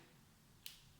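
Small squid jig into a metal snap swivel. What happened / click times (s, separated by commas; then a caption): The small metal snap clipped shut onto the lure / 0.7 s. A small, lighter squid jig is hooked onto a metal snap with a figure-8 swivel, and the snap is pressed closed; the light jig serves as the top hook and the swivel links it to a heavier bottom jig so hooks are easy to change. Over a quiet, low background, a single sharp, fast-decaying metallic tick sounds at 0.7 s as the snap seats on the jig.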